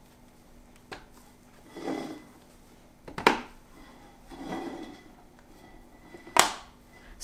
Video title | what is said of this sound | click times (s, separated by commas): O-Cedar EasyWring Microfiber Spin Mop Review & Demo | all three parts in just press all three parts until you hear the snap | 3.3 s, 6.4 s